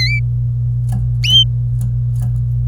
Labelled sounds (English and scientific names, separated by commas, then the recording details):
Domestic Canary (Serinus canaria) song
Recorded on 26 April 2018 at 12:02
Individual llb3